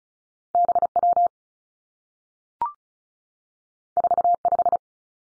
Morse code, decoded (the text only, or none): B W 4 5